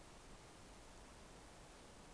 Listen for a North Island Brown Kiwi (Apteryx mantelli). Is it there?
no